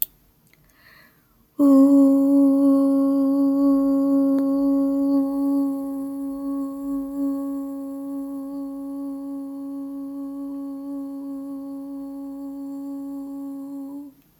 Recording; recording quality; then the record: sustained vowel as in boot; excellent, no background noise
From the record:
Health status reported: healthy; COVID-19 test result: not tested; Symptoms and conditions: none ticked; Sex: female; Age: 29 years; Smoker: not ticked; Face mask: not worn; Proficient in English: yes